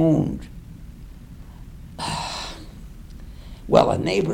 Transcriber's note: exhales